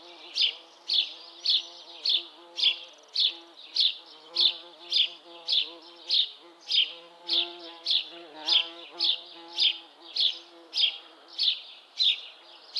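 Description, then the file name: House sparrow giving a long run of about twenty short, high chirps at an even pace, with a constant low droning hum underneath. "Passer domesticus"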